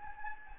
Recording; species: mosquito wingbeat signal from an infrared sensor; Anopheles gambiae